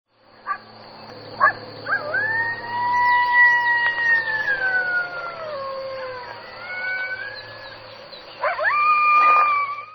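Coyote howl: long tonal wails that slide upward, hold, then fall slowly in pitch, with a final rising howl near the end over a steady high whine.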